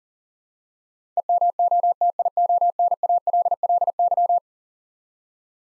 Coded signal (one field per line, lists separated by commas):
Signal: Morse code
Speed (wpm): 40 wpm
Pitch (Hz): 700 Hz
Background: none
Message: EMOTIONALLY